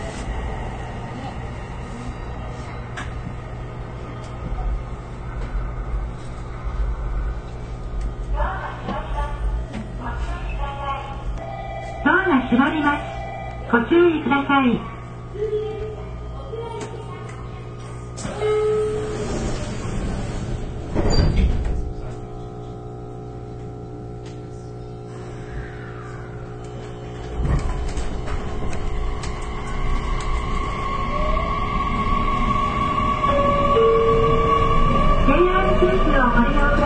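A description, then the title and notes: Inside a local train, a low steady hum runs throughout with a constant tone above it. Voices and clanks come through from about 9 to 15 seconds, a loud thump near 21 seconds, and from 27 seconds the motor noise rises and grows louder to the end. JR九州の813系電車の走行音です。 日豊線の普通列車で収録しました。 区間は、中津から西小倉までです。 It is a running sound of an 813 series train of JR Kyushu. It was recorded with Nippou line's local train.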